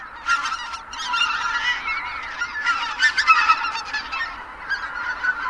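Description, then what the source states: Greater White-fronted Goose calls, a busy chorus of many overlapping high, nasal honks and yelps. Flock returning to the evening roost at Kabukuri-numa marsh, Miyagi Prefecture, Japan, calling to each other at sunset after feeding on fallen grain in rice fields by day.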